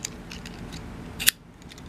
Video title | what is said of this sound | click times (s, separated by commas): Pocket Knife Restoration - Imperial Kamp King #norustnovember2021 | Yeah, it's got good snap. | 1.3 s